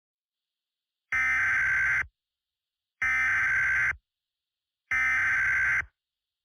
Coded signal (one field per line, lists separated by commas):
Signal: Emergency Alert System (SAME) tones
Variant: header bursts